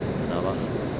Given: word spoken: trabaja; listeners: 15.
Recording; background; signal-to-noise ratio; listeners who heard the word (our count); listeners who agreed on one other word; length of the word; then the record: one Spanish word in noise, from a listening test; speech-shaped noise; -4.3 dB; 1 of 15; 9 of 15; 0.60 s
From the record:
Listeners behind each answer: 9, 4, 1, 1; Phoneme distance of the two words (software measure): 10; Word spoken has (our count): 3 syllables, 7 phonemes, stress on syllable 2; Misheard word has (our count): 3 syllables, 7 phonemes, stress on syllable 2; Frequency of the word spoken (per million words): 38.79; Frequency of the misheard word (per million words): 507.85